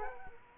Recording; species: mosquito wingbeat signal from an infrared sensor; Culex quinquefasciatus